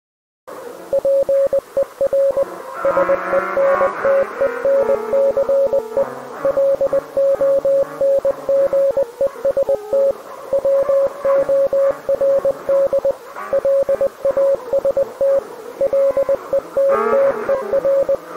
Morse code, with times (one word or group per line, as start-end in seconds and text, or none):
0.9-2.4 PER
2.8-6.0 SENTENCE
6.4-10.1 LONGEST
10.5-13.1 WORD
13.5-15.4 LAST
15.8-18.2 LETTER